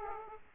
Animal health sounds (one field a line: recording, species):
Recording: mosquito wingbeat signal from an infrared sensor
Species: Aedes aegypti